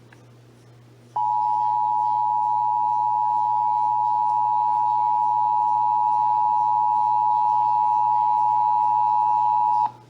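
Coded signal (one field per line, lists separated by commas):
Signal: Emergency Alert System (SAME) tones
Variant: 853 and 960 Hz attention tone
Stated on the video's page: Texas required monthly test as aired on WBAP-AM, KSCS-FM and KTVT-TV.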